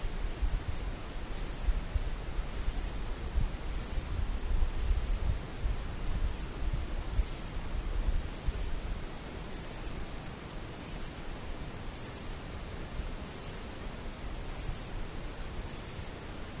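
An insect chirps in short, regular pulses about once a second, thin and high-pitched, repeating steadily for the whole stretch. Underneath lies a constant soft hiss with a low, uneven rumble that fluctuates but never breaks.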